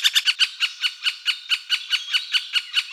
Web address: Dendrocopos medius